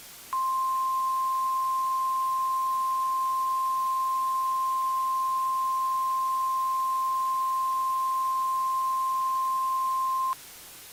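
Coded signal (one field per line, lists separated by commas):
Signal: Emergency Alert System (SAME) tones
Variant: 1050 Hz attention tone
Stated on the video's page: Re-creation of a tornado warning alert, not a live broadcast.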